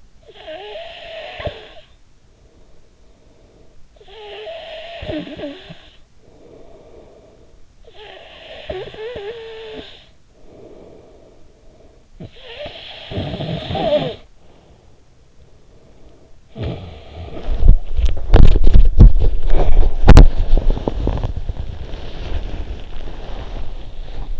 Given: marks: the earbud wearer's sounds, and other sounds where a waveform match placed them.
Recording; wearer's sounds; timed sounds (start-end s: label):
sounds in sleep by an in-ear microphone; snoring breath, teeth grinding, body movement
0.00-3.69 s: snoring breath
3.89-17.91 s: snoring breath
18.17-20.29 s: teeth grinding
20.55-24.40 s: body movement